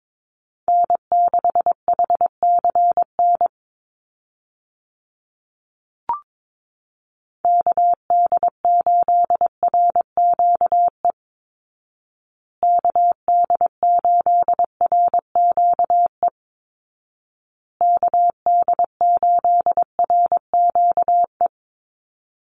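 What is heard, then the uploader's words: A steady pitched tone keys Morse code in four evenly spaced bursts of rapid dots and dashes, with a single brief click near six seconds. Call Signs Repeated 2x - 22wpm. First, the callsign is sent 2x in Morse code. Finally, it is sent again in Morse code.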